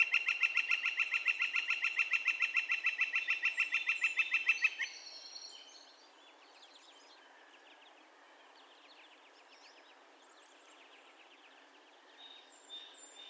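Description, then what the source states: Northern flicker giving a long, fast string of evenly spaced loud notes for nearly five seconds, then faint scattered chirps of other birds. Calls; recorded 2 May 2020.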